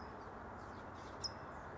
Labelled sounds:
California Towhee

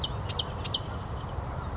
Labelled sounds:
Song Sparrow

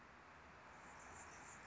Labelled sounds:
Anna's Hummingbird

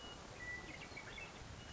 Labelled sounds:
Western Meadowlark

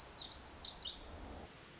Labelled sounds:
Pacific Wren

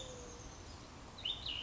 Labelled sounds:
Cassin's Vireo

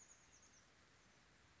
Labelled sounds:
Chestnut-backed Chickadee

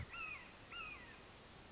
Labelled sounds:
Red-shouldered Hawk

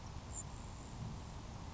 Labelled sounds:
Grasshopper Sparrow

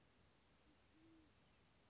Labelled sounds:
Band-tailed Pigeon

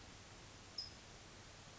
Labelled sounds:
California Towhee

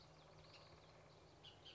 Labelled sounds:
Bullock's Oriole

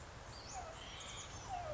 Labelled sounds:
Western Flycatcher

